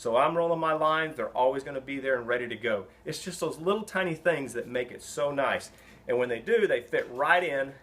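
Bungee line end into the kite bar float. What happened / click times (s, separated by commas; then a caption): Handled, not yet home: no seating click is heard / none. A man talks throughout while handling the bungee line ends on a 2015 Naish Fusion kite control bar, which are pressed into the recess at the end of the plastic float so they lock in place. No click or impact is heard, and nothing has seated yet.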